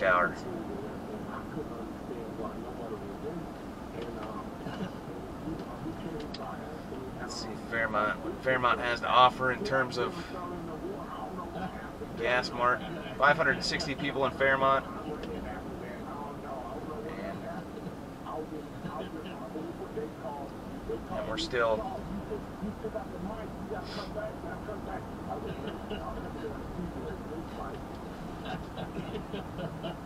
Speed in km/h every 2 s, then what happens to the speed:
71, 66, 66, 64, 63, 63, 61, 61, 63, 61, 60, 60, 60, 60, 61.
0-30 slows to 61.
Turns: none.